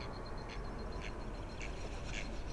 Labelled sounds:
Mallard (Anas platyrhynchos)
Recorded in Germany
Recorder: ecoPi

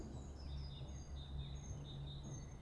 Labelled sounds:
Great Tit (Parus major)
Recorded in Germany
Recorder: ecoPi

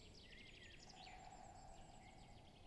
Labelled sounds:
Great Spotted Woodpecker (Dendrocopos major)
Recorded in Germany
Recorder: ecoPi

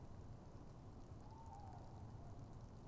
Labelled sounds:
Tawny Owl (Strix aluco)
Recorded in Germany
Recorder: ecoPi

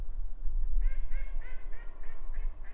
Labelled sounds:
Mallard (Anas platyrhynchos)
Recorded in Germany
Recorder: ecoPi

